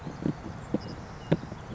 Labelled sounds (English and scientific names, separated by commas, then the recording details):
Savannah Sparrow (Passerculus sandwichensis)
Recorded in Sonoma County, California